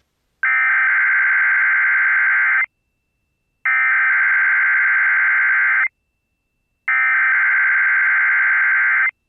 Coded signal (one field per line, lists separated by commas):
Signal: Emergency Alert System (SAME) tones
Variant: header bursts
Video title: GET "PIPE"D UP! | EAS Tests from 4/26/23 (EAS #1848-1856)